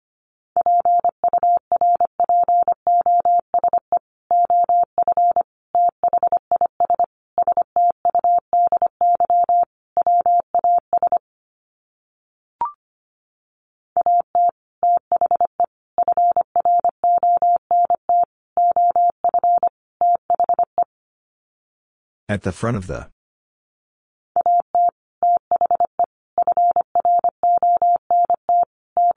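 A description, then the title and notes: A single steady mid-pitched tone keys on and off in Morse code, short dots and longer dashes in quick groups separated by brief gaps. Near 12 seconds a faint click interrupts, and around 22 seconds a short burst of hissing noise cuts in before the code resumes. Sets of 5 Words 25wpm. First, the words are sent in Morse code.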